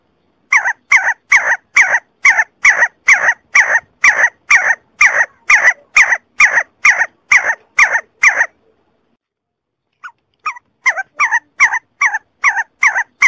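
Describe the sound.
See-see partridge repeating a harsh, clipped note about twice a second, falling silent for a moment, then starting the series again.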